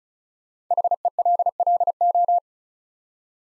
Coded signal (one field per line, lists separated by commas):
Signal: Morse code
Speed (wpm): 36 wpm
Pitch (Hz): 700 Hz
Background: none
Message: HELLO